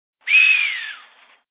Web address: sons chamois